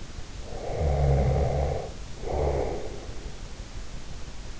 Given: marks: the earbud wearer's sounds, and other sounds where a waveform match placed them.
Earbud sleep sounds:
sounds in sleep by an in-ear microphone; snoring breath
0.40-3.23 s: snoring breath

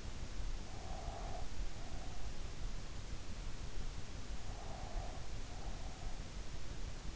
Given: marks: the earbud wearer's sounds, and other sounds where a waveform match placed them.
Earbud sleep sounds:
sounds in sleep by an in-ear microphone; breath
0.83-2.34 s: breath
4.48-6.17 s: breath

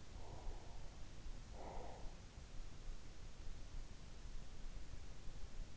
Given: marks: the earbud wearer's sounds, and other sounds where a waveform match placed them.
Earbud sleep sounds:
sounds in sleep by an in-ear microphone; breath
0.05-2.58 s: breath

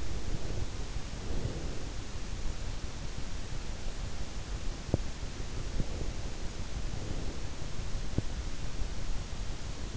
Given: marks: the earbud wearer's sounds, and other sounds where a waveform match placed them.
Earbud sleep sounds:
sounds in sleep by an in-ear microphone; breath
0.00-1.98 s: breath
5.52-7.41 s: breath

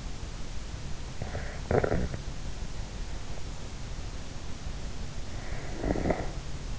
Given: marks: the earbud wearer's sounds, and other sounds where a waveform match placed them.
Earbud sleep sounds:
sounds in sleep by an in-ear microphone; snoring breath
1.00-2.43 s: snoring breath
5.55-6.79 s: snoring breath

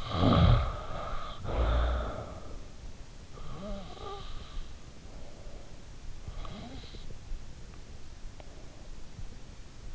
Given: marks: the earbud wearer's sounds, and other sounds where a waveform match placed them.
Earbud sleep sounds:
sounds in sleep by an in-ear microphone; snoring breath
0.00-2.73 s: snoring breath
3.38-4.45 s: snoring breath
6.32-7.03 s: snoring breath

